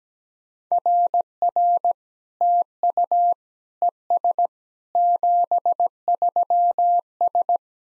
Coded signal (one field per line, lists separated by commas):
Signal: Morse code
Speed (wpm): 17 wpm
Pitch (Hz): 700 Hz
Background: none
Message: RR TU ES 73S